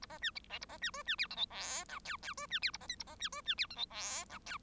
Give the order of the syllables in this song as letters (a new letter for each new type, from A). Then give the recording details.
A B C D A B C E C F G H I J K K E C F A B L A B C E C F G H I J K. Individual Bird1